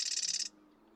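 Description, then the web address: Marsh Wren song: a half-second burst of fast, dry, buzzing notes that cuts off abruptly, leaving near silence. "birdsongforthecurious Marsh Wren"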